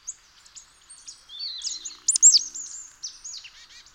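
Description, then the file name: Marsh tit calls, a high chatter of quick chips and slurred notes, loudest around the middle. "Poecile palustris"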